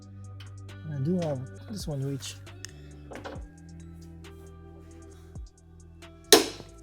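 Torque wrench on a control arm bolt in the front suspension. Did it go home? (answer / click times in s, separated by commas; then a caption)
yes / 6.3 s. On a 2009 Land Rover Range Rover L322 4.2L supercharged V8, a front suspension control arm bolt is tightened with a torque wrench and extension set to 121 ft-lb. Someone talks over background music, then the wrench gives a sharp click at its setting at 6.3 s, confirming the bolt reached torque.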